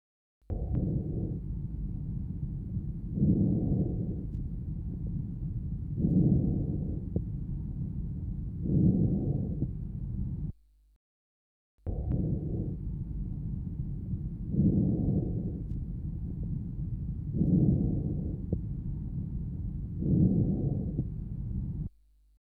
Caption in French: Le murmure vésiculaire normal d'un son doux, de basse tonalité, entendu à la périphérie du poumon et essentiellement inspiratoire.